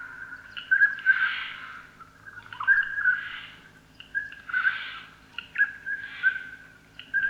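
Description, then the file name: Eurasian jay alternating short whistled notes with harsh rasping bursts, roughly four rough outbursts in seven seconds. "Garrulus glandarius"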